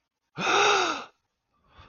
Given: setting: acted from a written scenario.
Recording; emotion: vocal sound without words; realization